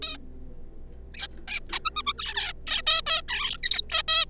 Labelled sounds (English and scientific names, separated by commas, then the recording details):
Zebra Finch (Taeniopygia guttata)
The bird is a juvenile
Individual R3549